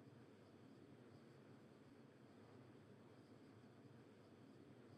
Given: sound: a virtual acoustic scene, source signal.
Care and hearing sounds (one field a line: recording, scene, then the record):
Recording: noise of the scene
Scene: olnoise of S0N0 and S0N90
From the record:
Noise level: 65 dB SPL